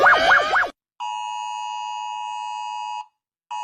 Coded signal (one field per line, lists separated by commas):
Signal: Emergency Alert System (SAME) tones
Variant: 853 and 960 Hz attention tone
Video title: Eas alarm